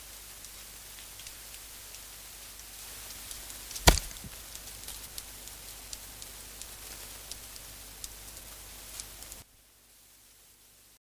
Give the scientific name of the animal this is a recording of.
Rangifer tarandus